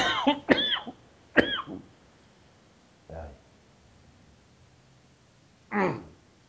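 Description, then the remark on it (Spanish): A rough cluster of coughs and throat clearing, then single harsh coughs spaced out by quiet pauses, the later ones softer and more muffled, with no talking. “Necesito desapegarme de mí y encontrar a Dios en la tos.”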